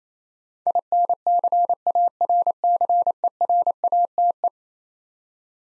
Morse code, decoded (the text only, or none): INCARCERATE